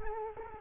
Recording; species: mosquito wingbeat signal from an infrared sensor; Culex quinquefasciatus